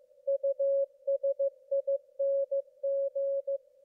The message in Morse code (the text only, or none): USING